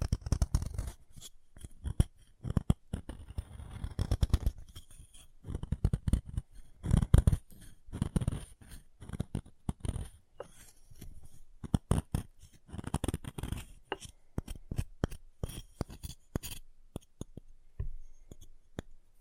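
Chalk being carved and cut, with dense, irregular scraping clicks and short rasps, heavier low scrapes in bursts throughout, sparser toward the end.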